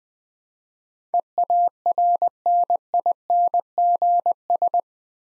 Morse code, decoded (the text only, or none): EARNINGS